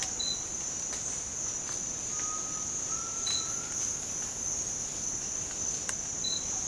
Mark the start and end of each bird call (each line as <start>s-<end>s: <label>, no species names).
2.09s-3.72s: bird call